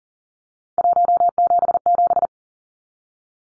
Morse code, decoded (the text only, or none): 177